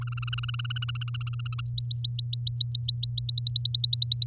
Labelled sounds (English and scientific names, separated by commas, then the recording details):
Domestic Canary (Serinus canaria) song
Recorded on 7 May 2018 at 14:22
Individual llb16